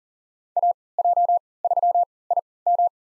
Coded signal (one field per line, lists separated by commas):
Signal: Morse code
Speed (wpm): 40 wpm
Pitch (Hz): 700 Hz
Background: none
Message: AJ3IM